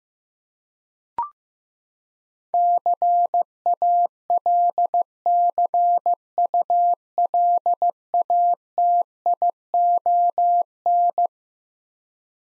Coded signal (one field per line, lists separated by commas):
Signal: Morse code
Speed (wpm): 15 wpm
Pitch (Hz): 700 Hz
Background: none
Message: CALCULATION